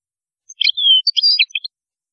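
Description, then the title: European goldfinch song, a brief phrase of chirps with a drawn-out, slightly falling whistled note, then quick twittering notes. "Chant Chardonneret"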